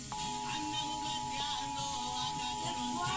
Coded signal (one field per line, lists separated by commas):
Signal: Emergency Alert System (SAME) tones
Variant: 853 and 960 Hz attention tone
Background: music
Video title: EAS #15 Severe Thunderstorm Warning on KALT-FM